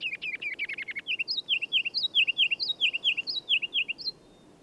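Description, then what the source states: Ruby-crowned kinglet song: a rapid stuttering burst of high notes, then a bouncy series of repeated rolling phrases, ending abruptly. Wild bird of the northern forests, singing from a fir limb about 20 feet up during continual aerial display flights with somersaults and hovers, around lunchtime.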